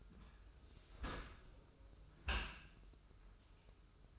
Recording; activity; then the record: daily activity, microphone in the room; close dishwasher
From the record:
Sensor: 2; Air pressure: 995.7 hPa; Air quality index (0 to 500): 96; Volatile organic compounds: 5 ppm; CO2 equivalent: 1786 ppm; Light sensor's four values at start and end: 25/79/31/30 and 25/79/31/30